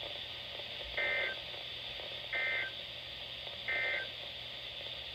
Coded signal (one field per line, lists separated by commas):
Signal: Emergency Alert System (SAME) tones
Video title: Not done yet EAS 82-84 6/4/20